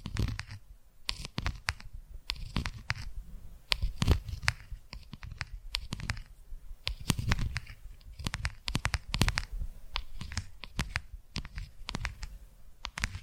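Quick tapping and clicking in irregular bursts, each tap a sharp, bright tick over a soft low rumble. The taps come several per second, clustering densely around four and seven to nine seconds, with scratchy, rustling textures and brief pauses between runs.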